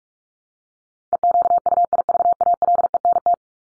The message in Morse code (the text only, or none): EQUIVALENT